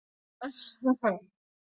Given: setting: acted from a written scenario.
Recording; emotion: vocal sound without words; serenity